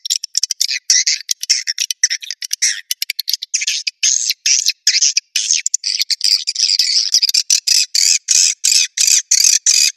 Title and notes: Swiflet Bird Sound. Farming Swiflet Bird asia sound